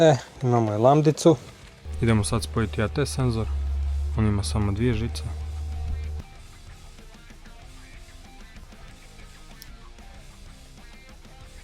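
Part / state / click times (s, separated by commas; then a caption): wiring harness plug into air temperature sensor / not seated / none. Someone talks over music with a steady low bass while a two-wire plastic wiring harness plug is handled toward the intake air temperature sensor on a BMW E46 turbo engine build. After the talking and music stop around 6.2 s, only quiet background handling remains. The connector has not seated or clicked yet.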